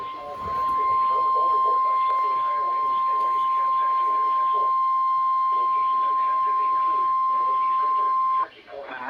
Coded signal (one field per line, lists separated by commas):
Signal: Emergency Alert System (SAME) tones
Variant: 1050 Hz attention tone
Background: speech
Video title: EAS 693-694 - LWX SMW and Relay